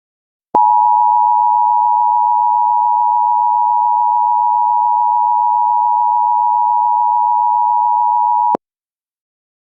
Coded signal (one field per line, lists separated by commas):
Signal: Emergency Alert System (SAME) tones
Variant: 853 and 960 Hz attention tone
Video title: EAS Tornado Warning Jefferson City,MO